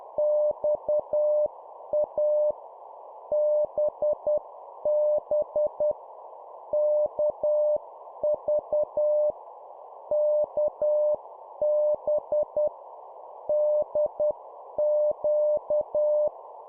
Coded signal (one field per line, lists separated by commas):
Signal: Morse code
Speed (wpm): 10 wpm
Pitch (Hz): 600 Hz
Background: none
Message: XA BB KV KB DQ